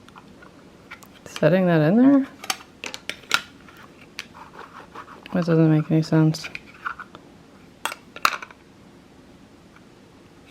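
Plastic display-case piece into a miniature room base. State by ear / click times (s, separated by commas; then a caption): not seated / none. Someone talks while trying to fit a plastic display-case piece of a miniature shop kit into a miniature room base the way the instructions show, with small sharp plastic taps and scrapes between the speech. The piece does not snap in because it was facing the wrong way, so nothing has seated or clicked yet.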